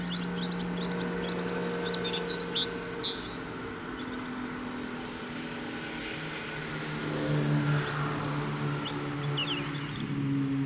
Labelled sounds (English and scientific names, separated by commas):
European Robin (Erithacus rubecula) song